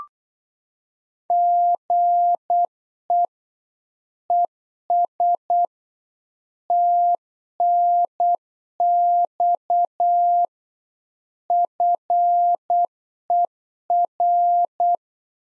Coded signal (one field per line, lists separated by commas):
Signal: Morse code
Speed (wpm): 8 wpm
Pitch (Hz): 700 Hz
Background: none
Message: GE ES TNX FER